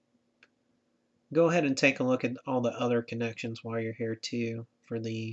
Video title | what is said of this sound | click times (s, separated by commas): WiSky Install for Paramount MyT | little motherboard you should hear a nice little click as you put it in place snaps in firmly | 0.4 s